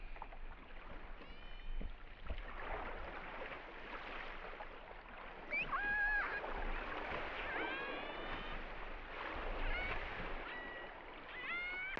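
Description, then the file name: Killer whale pulsed calls, several harmonic squeals spread throughout, over a constant underwater hiss and rumble. Killer whale attacking a gray whale, April 2014. "KW attack on gray whale 201404"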